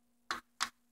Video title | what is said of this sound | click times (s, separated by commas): Matsana M4 motor roller removal/replacement | and put push it down solidly it locks in place | 0.3 s